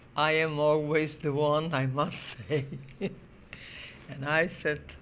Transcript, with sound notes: I am always the one, I must say, ( she laughs ) and I said,